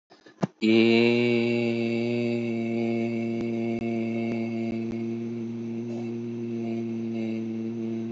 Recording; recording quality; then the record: sustained vowel as in made; excellent, no background noise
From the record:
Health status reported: healthy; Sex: male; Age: 25 years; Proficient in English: yes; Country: India